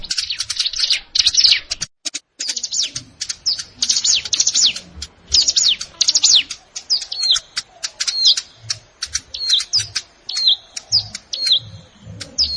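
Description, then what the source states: Plain prinia song, opening with rapid chattering bursts of high notes, then settling into evenly spaced downslurred notes with sharp clicks between them. Recorded in a rice field (sawah).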